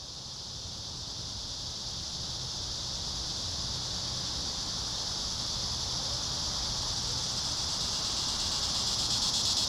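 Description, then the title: Cicadas' shrill buzzing chorus, starting softer and swelling steadily louder toward the end, with a faint low rumble beneath. Cicadas singing in a park. "neoscenes: cicadas in the park"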